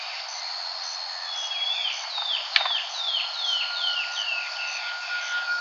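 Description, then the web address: Bird calls: quick down-slurred whistles in a steady series, one sharp click near the middle, and a long thin tone underneath a hissing background. "BIRD 2015 SABIOD 50 bird 2015"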